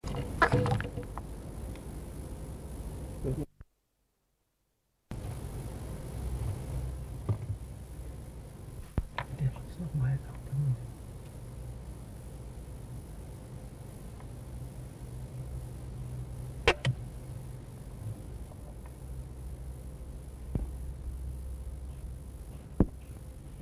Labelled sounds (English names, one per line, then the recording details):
Tokay Gecko
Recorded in captivity
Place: Tierpark Berlin, Berlin, DE
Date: 1963-03-06 18:30
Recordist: unbekannt, keine Angabe
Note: Abwehrlaut, Entfernung ca. 50 cm